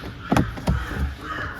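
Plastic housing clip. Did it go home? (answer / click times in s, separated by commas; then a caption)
no / none. During a home car service, a clip or cover is handled on an engine-bay housing, likely the air filter box, possibly plastic. Sharp tap-like hits are heard around 0.3–0.4 s and again near 0.7 s, over low background noise. Nothing has seated or clicked yet.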